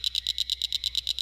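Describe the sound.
Northern cricket frog calling, a steady run of sharp, high clicking notes repeated rapidly throughout.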